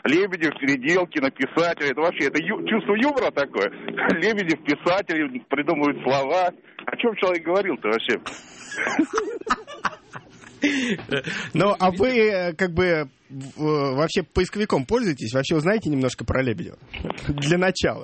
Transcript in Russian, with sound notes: «Лебедев, Переделкино, писатели» - это вообще чувство юмора такое? Лебедев, писатели, придумывают слова. О чем человек говорил-то вообще? (все смеются)
Ну, а вы, как бы вообще поисковиком пользуетесь? Вообще, вы знаете немножко про Лебедева, для начала?